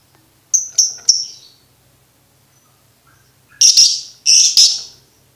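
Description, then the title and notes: Lovebird chirps: three quick high chirps, a silent gap, then three louder, harsher squeaky notes in close succession. Tutor recording played to birds to teach them the ngekek song style. "MASTERAN BURUNG 2. Belajar Ngekek. lofbet"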